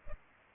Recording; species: mosquito wingbeat signal from an infrared sensor; Culex pipiens